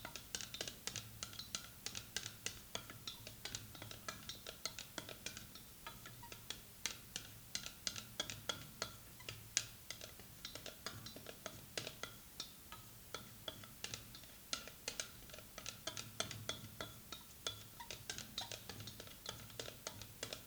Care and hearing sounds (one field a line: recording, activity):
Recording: daily activity, guitar pickup as the sensor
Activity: fry